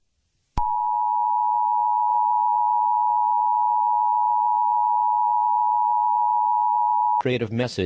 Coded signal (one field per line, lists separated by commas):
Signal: Emergency Alert System (SAME) tones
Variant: 853 and 960 Hz attention tone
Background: speech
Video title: The WEIRD WORLD of EAS Scenarios